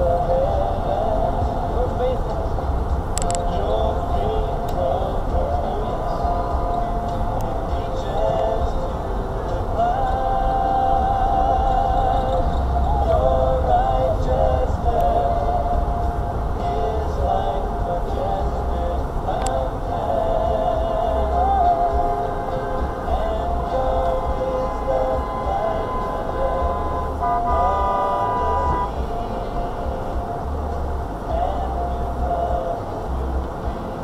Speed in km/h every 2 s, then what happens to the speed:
15, 15, 13, 11, 11, 15, 16, 15, 11, 10, 5, 6, 5, 5, 5, 5, 3.
0-13 steady at about 15. 13-20 slows to 5. 20-34 steady at about 5.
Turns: none.